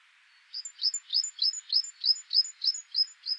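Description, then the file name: Great tit song, a steady series of about ten ringing two-note phrases, roughly three each second, the lower note sliding downward. "Parus major"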